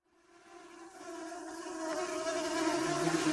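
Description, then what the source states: Mosquitoes whining in a steady chorus, a thin droning hum with several layered tones that swells steadily louder over a few seconds. Whining chorus of many mosquitoes in a thicket in the Brooks Range, northern Alaska, on a summer afternoon.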